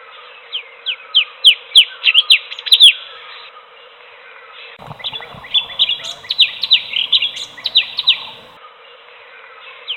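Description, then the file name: Bulbul song, a rapid series of short descending whistled notes, a brief pause, then another lively run of similar slurred whistles. Chirping song. "kompilasi suara kicauan cucak cungkok omkicau"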